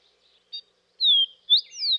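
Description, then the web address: Sooty Fox Sparrow giving clear slurred whistles, a brief high note then two loud descending whistled notes, with nothing else audible. "Dan Gibson Wildlife Identification By Sound, Western North America. Sooty Fox Sparrow"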